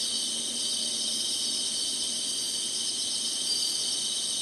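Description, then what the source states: Insect: continuous high-pitched buzzing, a level wall of trilling sound. Singing, in summer.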